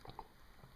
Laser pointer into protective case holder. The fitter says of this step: you can see how that just pops right in there